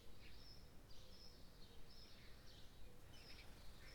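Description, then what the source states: Birds: short high chirps repeated several times, over dense low background noise. Birds in the morning.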